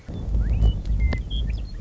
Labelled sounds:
Western Meadowlark
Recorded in Sonoma County, California

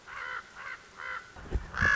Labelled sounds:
Common Raven
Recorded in Sonoma County, California

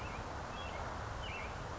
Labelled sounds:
Western Tanager
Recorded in Sonoma County, California

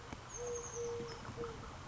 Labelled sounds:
Eurasian Collared Dove
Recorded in Sonoma County, California

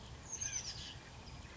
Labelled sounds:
Oak Titmouse
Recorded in Sonoma County, California

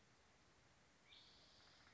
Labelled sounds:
Spotted Towhee
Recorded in Sonoma County, California

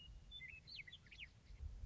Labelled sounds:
Western Meadowlark
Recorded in Sonoma County, California

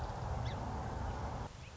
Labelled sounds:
Song Sparrow
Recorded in Sonoma County, California

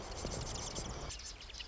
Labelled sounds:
Marsh Wren
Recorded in Sonoma County, California

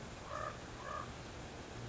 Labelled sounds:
Common Raven
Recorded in Sonoma County, California

